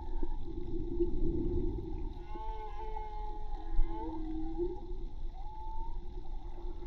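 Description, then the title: Whale song: drawn-out tonal moans and short upward-sweeping whoops with faint harmonics, layered over a steady low hum and rumbling water noise. Recorded with a hydrophone from a boat at Tribugá (Magma); hydrophone listening presented as sustainable tourism, avoiding disturbance of whales by motorboats. "CANTO DE BALLENAS HIDROFONO MAGMA TRIBUGA J BARCO"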